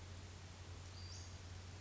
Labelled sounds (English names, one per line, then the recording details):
Western Flycatcher
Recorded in Sonoma County, California